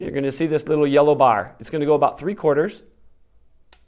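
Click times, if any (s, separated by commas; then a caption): 3.7 s. Someone talks while pressing a single-dose semaglutide auto-injector pen against the thigh as if injecting. After the talking stops, the pen's plunger mechanism gives a sharp second click at 3.7 s, signaling the injection is complete.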